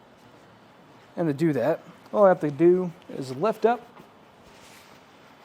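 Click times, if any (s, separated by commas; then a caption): none. A man talks while handling a tilted-down Kuat NV 2.0 metal hitch bike rack for two bikes on a 2023 Kia Sportage, getting ready to lift it back up to its upright carrying position after the hatch is closed. The tilt pivot latch has not yet clicked into place, so nothing has seated by the end of the clip.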